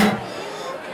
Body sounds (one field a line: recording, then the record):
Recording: coughing mixed with background sound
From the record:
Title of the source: Man Coughing Sound - Wet Cough Sound Effect